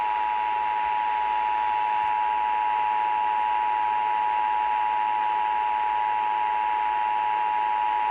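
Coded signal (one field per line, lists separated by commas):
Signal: Emergency Alert System (SAME) tones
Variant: 853 and 960 Hz attention tone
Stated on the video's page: Required monthly EAS test on an AM station at 1160 kHz, received at a distant location.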